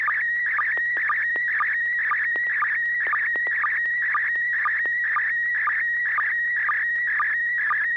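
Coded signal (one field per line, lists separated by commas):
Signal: SSTV (slow-scan television)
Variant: PD120 mode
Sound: warbling tone sweeping up and down, with short low blips about twice a second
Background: low steady hum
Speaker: are you ready to send a picture let me check for tone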